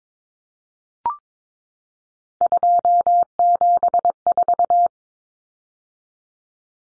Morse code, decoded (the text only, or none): 274